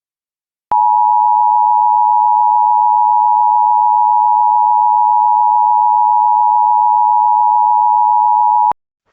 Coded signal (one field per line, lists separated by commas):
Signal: Emergency Alert System (SAME) tones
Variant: 853 and 960 Hz attention tone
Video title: EAS Evacuation Immediate/Fire Warning Hutchinson County, Texas (Amarillo) NOAA Weather Radio/IPAWS